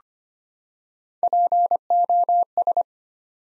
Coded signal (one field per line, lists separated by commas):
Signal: Morse code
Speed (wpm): 25 wpm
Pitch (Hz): 700 Hz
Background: none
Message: POS